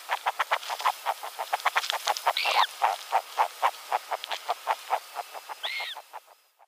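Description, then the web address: Eurasian nightjar gives two brief arched, slurred call notes a few seconds apart against a rapid, uneven train of short pulsed notes. Female. "Schulze Peter Eurasian Nightjar female call"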